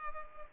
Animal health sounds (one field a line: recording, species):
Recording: mosquito wingbeat signal from an infrared sensor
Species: Culex pipiens